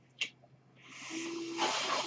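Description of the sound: A click, then a rising steady hiss of air with a faint tone: a home mechanical ventilator delivering a breath.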